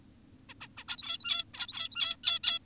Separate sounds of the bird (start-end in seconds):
0.49-0.54, 0.61-0.68, 0.78-0.84, 0.88-1.44, 1.54-2.16, 2.24-2.40, 2.44-2.59